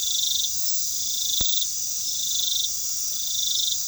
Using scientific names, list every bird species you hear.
none